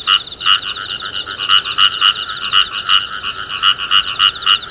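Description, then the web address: Frog chorus of buzzy pulsed croaks, several louder rattling calls repeating over a steady background of similar calls. "tera kaeru"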